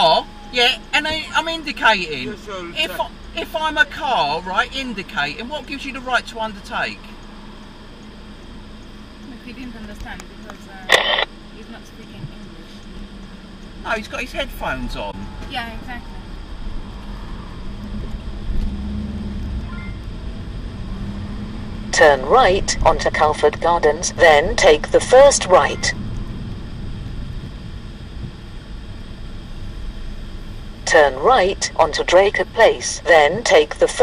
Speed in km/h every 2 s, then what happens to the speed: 0, 0, 0, 0, 0, 0, 2, 8, 13, 21, 27, 29, 27, 23, 23, 18, 6.
0-12 standing. 12-21 pulls away to 29. 21-34 slows to 6.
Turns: none.